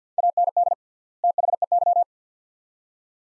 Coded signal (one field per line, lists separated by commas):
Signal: Morse code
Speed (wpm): 50 wpm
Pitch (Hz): 700 Hz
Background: none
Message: AND THEY